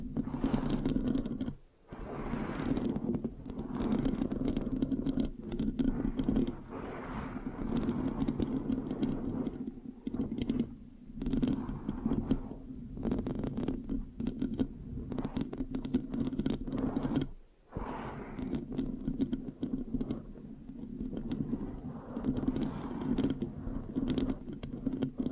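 Mic scratching with a sticky, rubbing texture, dense and continuous, heavy in the low and middle range with a steady hum-like band underneath. Brief pauses break the scratching near 2, 10–11 and 17–18 seconds before it resumes at similar intensity.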